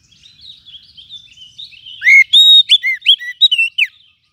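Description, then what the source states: Lovebird calls: soft twittering chatter followed by a loud, fast run of shrill arched chirps. Lovebird call used as a lure to attract lovebirds.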